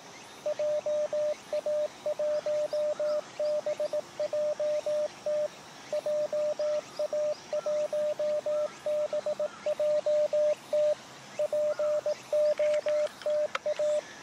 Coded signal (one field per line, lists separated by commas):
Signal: Morse code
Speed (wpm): 19 wpm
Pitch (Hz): 600 Hz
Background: radio noise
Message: JA1BJT JA1BJT POTA